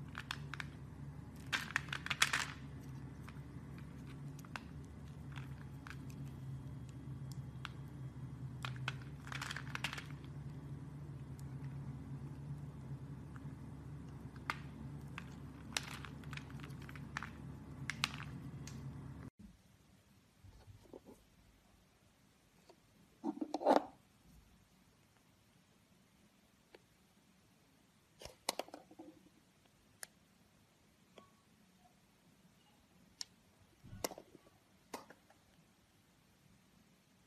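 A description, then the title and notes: Soap carving: short scraping strokes of a blade against the bar come in quick bursts over a steady low hum for the first half. After about nineteen seconds the hum drops away, leaving occasional isolated scrapes and small taps. This episode of the White Noise Podcast is SOAP CARVING.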